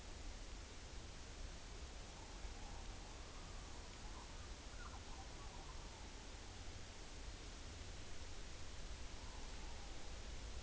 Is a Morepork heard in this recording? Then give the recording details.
yes. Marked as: faintness 5/5. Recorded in New Zealand on 11 September 2013. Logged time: 02:19. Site Ponui